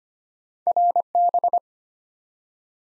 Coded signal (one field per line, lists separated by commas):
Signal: Morse code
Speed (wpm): 25 wpm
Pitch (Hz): 700 Hz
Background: none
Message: RB